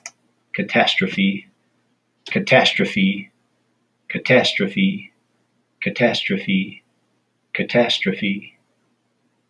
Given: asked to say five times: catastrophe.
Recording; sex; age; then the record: repeated word; male; 40 to 49 years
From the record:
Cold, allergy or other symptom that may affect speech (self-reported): no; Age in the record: 47 years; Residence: Michigan, United States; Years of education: 16